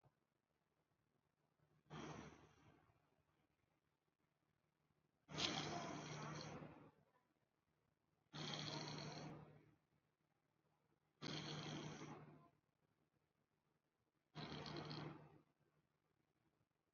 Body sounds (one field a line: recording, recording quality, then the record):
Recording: deep breathing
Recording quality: excellent, no background noise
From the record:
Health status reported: COVID-19 positive, moderate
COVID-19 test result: positive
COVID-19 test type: RT-PCR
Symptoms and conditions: cough, cold, sore throat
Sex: female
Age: 23 years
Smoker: no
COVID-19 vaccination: one dose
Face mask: worn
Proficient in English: yes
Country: India